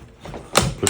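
With a magnetic hoop lined up on a backpack, the magnet pieces are pressed down onto the hoop frame. After a soft shuffle around 0.25 s, two sharp hits sound at 0.6 s and 0.9 s as the magnets seat into place.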